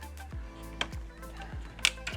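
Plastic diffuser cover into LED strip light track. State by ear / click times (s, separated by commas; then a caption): not seated / none. A plastic diffuser cover is handled and pressed against an LED strip light track over steady background music, with a sharp tap near 1.9 s. Nothing has seated or clicked into place yet.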